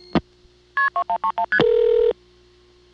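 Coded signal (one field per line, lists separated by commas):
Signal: multi-frequency trunk signalling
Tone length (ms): 90 ms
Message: KP2131ST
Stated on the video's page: Calls dialed to local office codes from a phone served by a rare European (Siemens) switch, Ocala local network, 1982.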